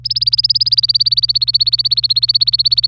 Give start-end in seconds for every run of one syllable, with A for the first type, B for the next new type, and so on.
0.04-2.87 A